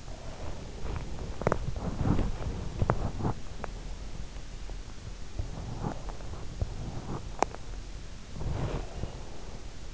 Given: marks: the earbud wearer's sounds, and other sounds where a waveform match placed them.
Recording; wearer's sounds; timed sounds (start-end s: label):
sounds in sleep by an in-ear microphone; body movement
0.00-3.90 s: body movement
8.33-9.62 s: body movement